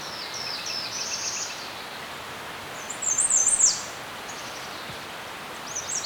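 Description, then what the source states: Birds twittering high: a faint phrase at first, then one loud, glittering rapid trill mid-way, and a brief chirp at the close, over steady hiss. Birds chirping in a serene forest.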